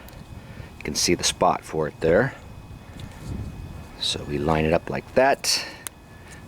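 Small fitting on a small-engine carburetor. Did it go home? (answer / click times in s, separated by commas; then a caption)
yes / 5.9 s. A man talks while lining up a small fitting by its flat spot against the carburetor of an MTD Yard Machines rototiller's 139cc OHV engine, being repaired because it won't start or run due to carburetor problems. The fitting is pushed until it pops into place with a short, sharp click at 5.9 s.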